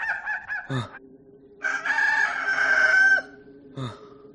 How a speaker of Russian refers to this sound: Крик петуха, донесшийся из деревни, иглами впился в уши, и страшная догадка вмиг пронзила мозг.